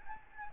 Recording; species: mosquito wingbeat signal from an infrared sensor; Aedes albopictus